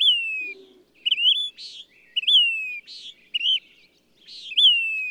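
Bird song of clear whistled notes slurring downward, each with a higher overtone, alternating with short buzzy rasps, repeated several times; a faint low rumble early on.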